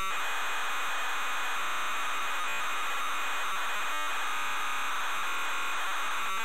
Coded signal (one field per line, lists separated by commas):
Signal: ZX Spectrum tape loading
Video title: ZX SPECTRUM Loading TotalRecall Ocean Software Ltd. 1991